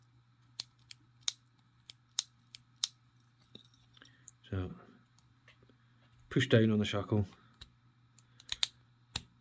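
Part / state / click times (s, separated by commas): padlock shackle into padlock body / seated / 8.6 s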